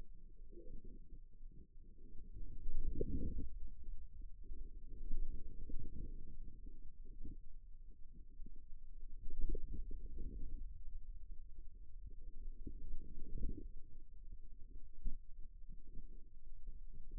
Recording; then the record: forearm muscle sounds (acoustic myography)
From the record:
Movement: radial deviation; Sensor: system 2, bracelet of six BSWA MPA416 microphones around the upper forearm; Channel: 5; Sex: male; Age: 22 years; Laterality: right